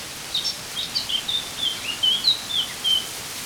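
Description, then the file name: Eurasian blackcap with a run of high, quick twittering notes, each slurred up or down, strung together for about three seconds over soft background noise. "Sylvia atricapilla"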